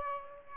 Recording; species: mosquito wingbeat signal from an infrared sensor; Aedes aegypti